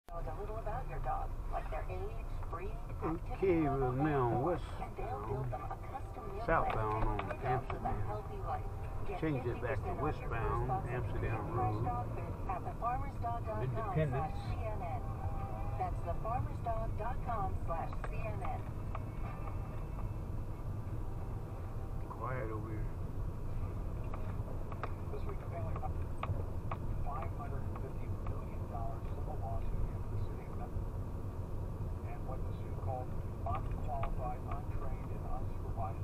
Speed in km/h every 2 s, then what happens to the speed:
6, 6, 6, 6, 10, 11, 16, 16, 16, 16, 16, 18, 18, 18, 18, 19, 19, 18.
0-6 steady at about 6. 6-12 speeds up to 16. 12-36 steady at about 18.